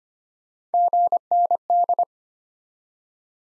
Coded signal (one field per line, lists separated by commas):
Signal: Morse code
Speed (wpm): 33 wpm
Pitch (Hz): 700 Hz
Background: none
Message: GND